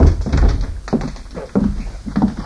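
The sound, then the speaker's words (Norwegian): Several dull, heavy knocks on a door by a mother calling her son, spaced slowly and evenly, each a low thud standing out against a faint steady background hum, with no voices. “Jo, den unge forfatteren satt stille og leste sin nye roman, da det plutselig banket på døren.”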